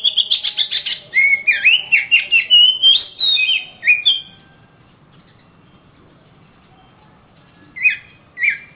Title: Kicau Kacer Juara Master Kalimantan Sumatra Gacor